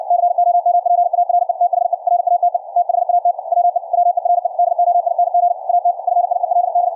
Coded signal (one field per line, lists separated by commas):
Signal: Morse code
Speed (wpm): 64 wpm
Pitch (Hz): 700 Hz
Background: none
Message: COMPARE THE RATE THAT WE WERE DOING AT FIELD